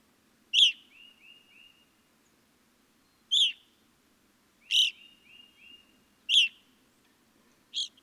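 Evening grosbeak calls: several sharp, ringing high notes at uneven intervals, two followed by a short run of softer whistled notes; otherwise quiet.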